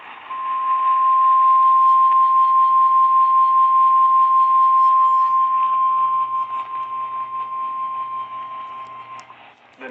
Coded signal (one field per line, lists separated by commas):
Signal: Emergency Alert System (SAME) tones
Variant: 1050 Hz attention tone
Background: speech